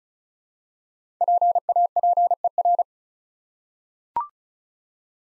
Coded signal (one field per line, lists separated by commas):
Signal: Morse code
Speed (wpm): 36 wpm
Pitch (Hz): 700 Hz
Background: none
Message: PAPER